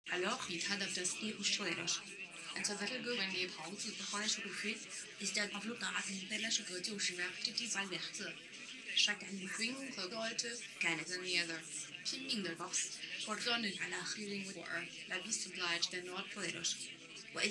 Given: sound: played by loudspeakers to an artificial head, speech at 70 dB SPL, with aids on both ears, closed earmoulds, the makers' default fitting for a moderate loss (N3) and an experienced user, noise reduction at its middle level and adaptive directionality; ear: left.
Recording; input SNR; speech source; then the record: speech test signal (ISTS) in cocktail-party noise; +9 dB; on the right (90 degrees)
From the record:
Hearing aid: class 1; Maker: J